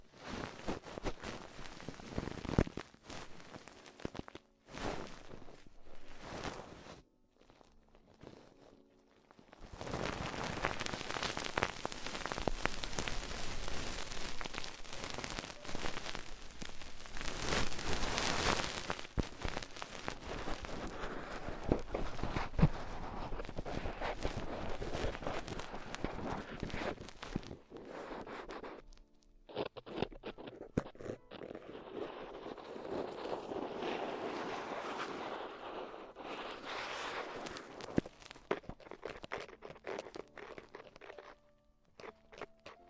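Ear exploration sounds: sparse crackly taps early, then dense, steady rustling and crunching from ten seconds, easing into softer crinkling near the end.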